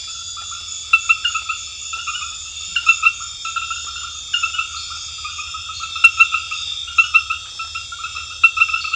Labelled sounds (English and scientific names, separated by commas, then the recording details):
none
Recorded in secondary vegetation near Puerto Asís, Putumayo, Colombia, on 28 February 2025 at 22:30
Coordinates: 0.498, -76.327
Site G001